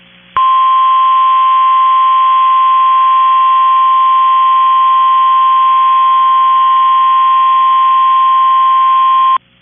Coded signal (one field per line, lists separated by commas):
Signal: Emergency Alert System (SAME) tones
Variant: 1050 Hz attention tone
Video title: Severe Thunderstorm Warning | EAS #466